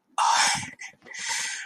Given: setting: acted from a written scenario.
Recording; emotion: vocal sound without words; romantic love